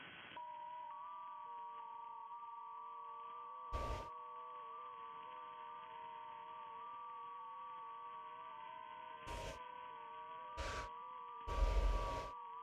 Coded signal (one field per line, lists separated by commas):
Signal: FT8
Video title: Ham Radio K1GMM Live Stream Testing the New 160 Meter Inverted L (Zombie)